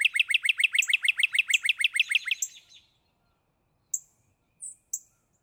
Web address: birdsongforthecurious Northern Cardinal